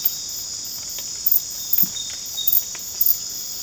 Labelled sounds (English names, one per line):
none